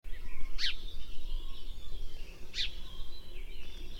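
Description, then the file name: House sparrow gives two short, bright chirps about two seconds apart over a constant low-pitched hum. "Passer domesticus"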